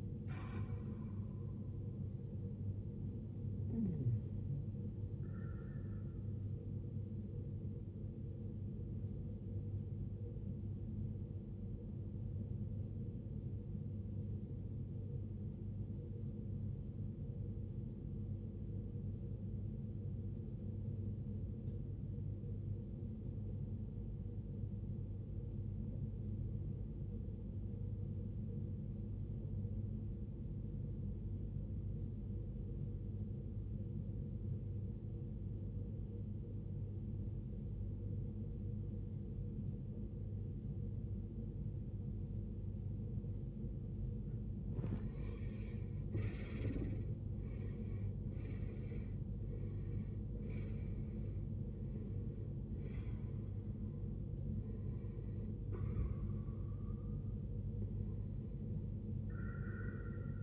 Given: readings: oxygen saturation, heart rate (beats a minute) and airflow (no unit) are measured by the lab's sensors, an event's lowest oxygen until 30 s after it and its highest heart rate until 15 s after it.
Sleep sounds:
breathing in sleep by a smartphone at the bedside; 1
7.00-60.42 s: new sleep stage, REM sleep
13.00-44.80 s: obstructive apnea (REM, oxygen 95% highest, then 80% lowest, heart rate 60 at the start, 75 highest)
From the record:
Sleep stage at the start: N1 (lightest sleep); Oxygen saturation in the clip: 77 to 95%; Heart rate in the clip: 43 to 75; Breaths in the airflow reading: 8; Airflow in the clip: -17.0 to 16.8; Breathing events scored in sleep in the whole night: 389 in 6.3 hours asleep

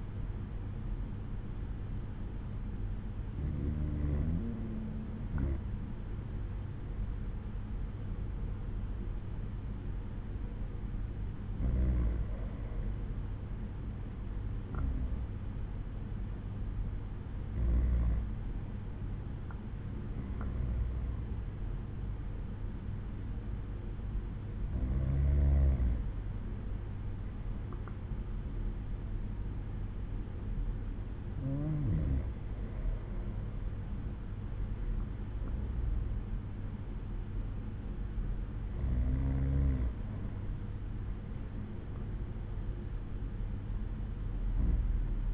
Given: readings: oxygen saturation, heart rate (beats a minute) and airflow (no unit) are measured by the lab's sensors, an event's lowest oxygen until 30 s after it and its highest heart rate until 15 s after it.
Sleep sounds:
breathing in sleep by a smartphone at the bedside; none
40.00-45.34 s: new sleep stage, N2 (light sleep)
From the record:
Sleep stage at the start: N1 (lightest sleep); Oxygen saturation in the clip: 93 to 94%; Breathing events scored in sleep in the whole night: 187 in 7.2 hours asleep

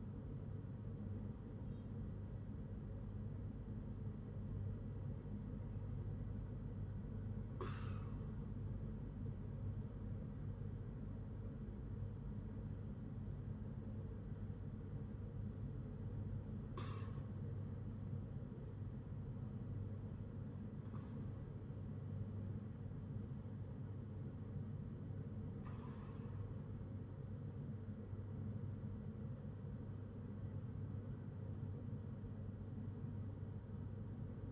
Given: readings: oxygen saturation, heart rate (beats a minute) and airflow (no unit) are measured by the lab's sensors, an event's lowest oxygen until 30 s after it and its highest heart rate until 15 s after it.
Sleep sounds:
breathing in sleep by a smartphone at the bedside; none
33.00-34.52 s: new sleep stage, N2 (light sleep)
From the record:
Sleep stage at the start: N1 (lightest sleep); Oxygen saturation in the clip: 93 to 95%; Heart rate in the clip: 59 to 71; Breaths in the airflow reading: 7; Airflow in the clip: -8.5 to 8.5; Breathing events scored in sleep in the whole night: 182 in 7.4 hours asleep

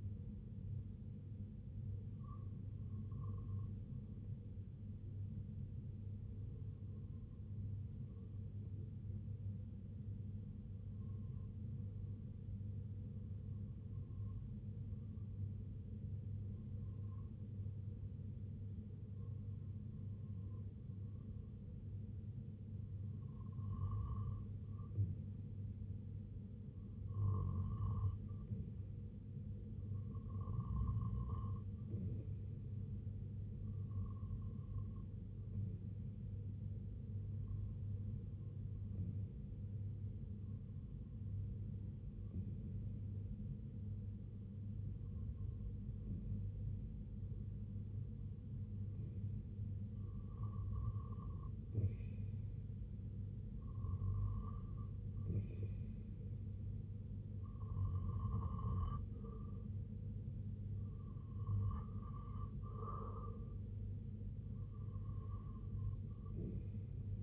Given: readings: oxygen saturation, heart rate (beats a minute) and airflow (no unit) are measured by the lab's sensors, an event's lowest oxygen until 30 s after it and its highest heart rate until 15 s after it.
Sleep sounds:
breathing in sleep by a smartphone at the bedside; none
10.00-67.23 s: new sleep stage, REM sleep
From the record:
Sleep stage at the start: N1 (lightest sleep); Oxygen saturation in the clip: 94 to 95%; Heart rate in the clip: 58 to 69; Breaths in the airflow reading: 15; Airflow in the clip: -6.2 to 3.2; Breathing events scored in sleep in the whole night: 258 in 7.4 hours asleep

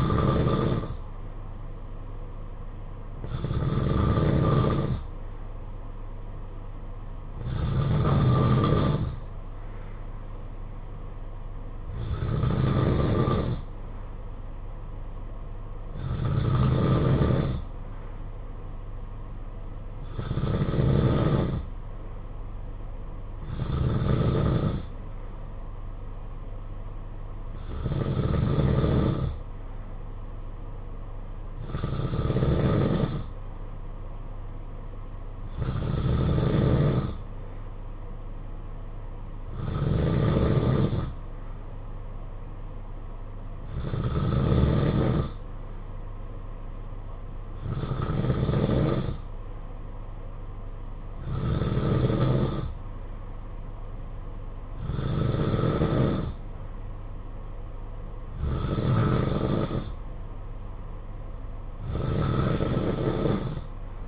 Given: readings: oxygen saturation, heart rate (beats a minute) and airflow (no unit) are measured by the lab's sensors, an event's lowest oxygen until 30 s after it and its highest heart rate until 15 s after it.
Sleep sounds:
breathing in sleep by a smartphone at the bedside; none
none scored
From the record:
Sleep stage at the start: N2 (light sleep); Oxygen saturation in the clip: 92 to 93%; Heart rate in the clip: 53 to 57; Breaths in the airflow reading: 17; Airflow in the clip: -8.4 to 4.4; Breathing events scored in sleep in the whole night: 476 in 9.7 hours asleep

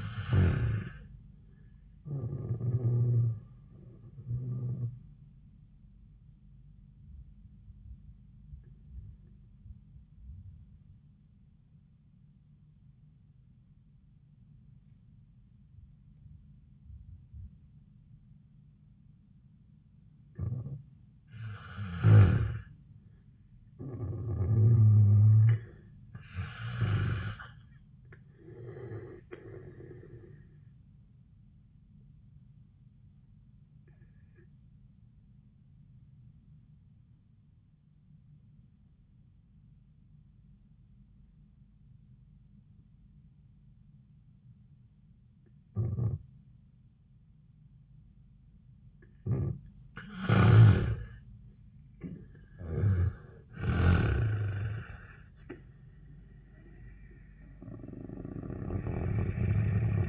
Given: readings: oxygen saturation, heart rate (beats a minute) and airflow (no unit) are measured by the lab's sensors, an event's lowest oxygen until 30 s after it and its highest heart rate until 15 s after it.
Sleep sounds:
breathing in sleep by a smartphone at the bedside; 2
5.00-21.40 s: obstructive apnea (N1, oxygen 97% highest, then 90% lowest, heart rate 80 at the start, 87 highest)
30.00-48.80 s: obstructive apnea (N1, oxygen 95% highest, then 83% lowest, heart rate 76 at the start, 76 highest)
From the record:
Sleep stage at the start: N1 (lightest sleep); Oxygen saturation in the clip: 83 to 97%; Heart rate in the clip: 76 to 87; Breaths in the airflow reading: 6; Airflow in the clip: -9.5 to 5.8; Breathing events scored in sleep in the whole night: 400 in 8.7 hours asleep

